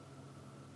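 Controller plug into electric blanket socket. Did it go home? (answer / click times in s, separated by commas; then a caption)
no / none. A controller plug is handled and pushed, groove side first, toward the socket on a Costco winter electric blanket, with only a steady low hum and broadband noise heard and no distinct transients. Nothing has seated or clicked yet by the end of the clip.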